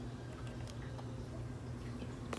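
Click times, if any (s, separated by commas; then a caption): 2.3 s. A plastic wiring harness connector is pushed into the joystick control board of an Arcade1Up multicade during a Sanwa joystick upgrade, over a steady low hum with faint handling noise and a small tick at 0.7 s. The connector snaps fully into place with a sharp click at 2.3 s, seated.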